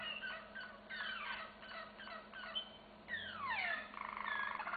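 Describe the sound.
Canary singing clipped chirps and quick descending slurs, then a cascade of falling whistles that leads into a buzzy rolling trill.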